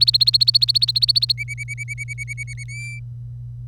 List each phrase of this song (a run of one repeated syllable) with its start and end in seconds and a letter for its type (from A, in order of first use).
0.00-1.32 A, 1.38-2.64 B, 2.68-3.00 C